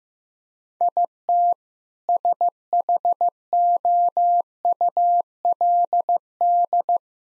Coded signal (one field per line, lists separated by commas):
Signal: Morse code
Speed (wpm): 15 wpm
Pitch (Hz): 700 Hz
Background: none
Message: IT SHOULD